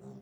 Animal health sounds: pig call; piglet (1 to 25 days)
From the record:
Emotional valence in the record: negative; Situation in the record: short isolation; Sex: male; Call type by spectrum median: low-frequency call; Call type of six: low-frequency stable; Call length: 0.22 s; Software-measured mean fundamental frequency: 66 Hz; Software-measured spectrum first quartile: 176 Hz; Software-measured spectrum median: 268 Hz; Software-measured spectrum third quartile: 511 Hz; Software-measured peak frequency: 143 Hz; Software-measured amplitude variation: 92 dB a second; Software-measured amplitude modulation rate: 16.2 a second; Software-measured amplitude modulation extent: 5.7 dB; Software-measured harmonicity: 1.5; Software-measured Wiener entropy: 0.38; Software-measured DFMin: 1282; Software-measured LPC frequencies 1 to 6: 3649, 4545, 5556, 7209, 9627, 10801 Hz

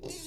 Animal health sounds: pig call; weaner (32 to 43 days)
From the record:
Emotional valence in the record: negative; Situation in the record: long isolation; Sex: female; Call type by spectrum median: high-frequency call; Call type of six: high-frequency stable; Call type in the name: high-frequency stable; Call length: 0.27 s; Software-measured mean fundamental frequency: 454 Hz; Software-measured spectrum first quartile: 349 Hz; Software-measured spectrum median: 2342 Hz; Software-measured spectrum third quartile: 6469 Hz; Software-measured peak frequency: 379 Hz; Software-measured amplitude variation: 104 dB a second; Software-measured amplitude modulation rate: 14.7 a second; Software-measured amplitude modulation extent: 7.1 dB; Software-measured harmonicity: 2.2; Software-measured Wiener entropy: -2.59

